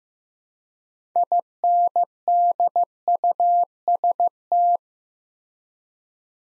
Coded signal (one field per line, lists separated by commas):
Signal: Morse code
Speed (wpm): 15 wpm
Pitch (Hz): 700 Hz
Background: none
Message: INDUST